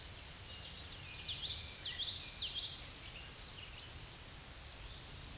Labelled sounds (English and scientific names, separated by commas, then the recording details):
Common Yellowthroat (Geothlypis trichas) song
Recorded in a Pennsylvania forest on 16 May 2024 at 07:28
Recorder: AudioMoth, point MSD-2304
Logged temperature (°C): 16.0 °C
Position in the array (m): 229 m, 182 m